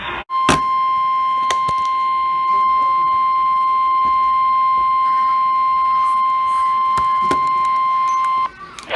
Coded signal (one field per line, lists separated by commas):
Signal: Emergency Alert System (SAME) tones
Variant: 1050 Hz attention tone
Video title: There's More Floodz...EAS Alerts From August 13, 2020 (EAS #358-364)